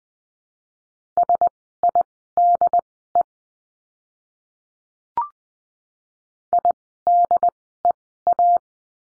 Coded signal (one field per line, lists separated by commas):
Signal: Morse code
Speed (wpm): 20 wpm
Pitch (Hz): 700 Hz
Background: none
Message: SIDE IDEA